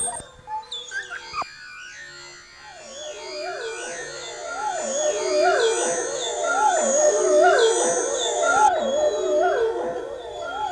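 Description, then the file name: Dog howling in a long, wavering, quavering tone that swells and holds, after a few short yips at the start. "dog recordings"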